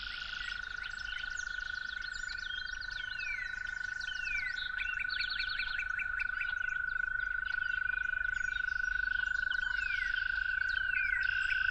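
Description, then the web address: Toads trilling in a long, steady, unbroken high drone throughout, with a busy chorus of varied chirping and whistling birds above it. Toads recorded calling at dawn. "musicofnature Toads at Dawn"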